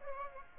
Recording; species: mosquito wingbeat signal from an infrared sensor; Aedes aegypti